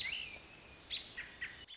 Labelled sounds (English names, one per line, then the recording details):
American Robin
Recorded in Sonoma County, California